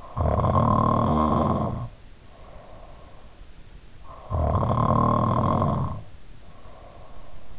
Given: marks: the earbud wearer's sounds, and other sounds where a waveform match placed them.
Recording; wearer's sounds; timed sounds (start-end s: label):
sounds in sleep by an in-ear microphone; snoring breath
0.22-3.59 s: snoring breath
4.28-7.59 s: snoring breath